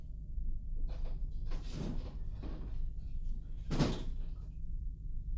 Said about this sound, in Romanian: Ah, stai! Deschide ușa de la terasă. Vreau să cobor puțin în grădină.